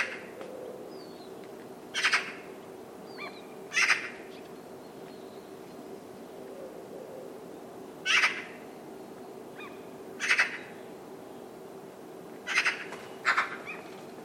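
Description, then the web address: Bird calls: harsh, grating notes, singly or in quick pairs, repeated at irregular intervals over a low background hum. "cianscape birddata Deverinetal 2025"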